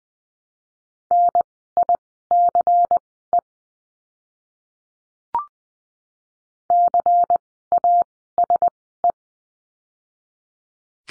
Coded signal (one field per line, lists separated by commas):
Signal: Morse code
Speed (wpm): 19 wpm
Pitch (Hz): 700 Hz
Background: none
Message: NICE CASE